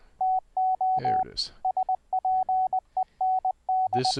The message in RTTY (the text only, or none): none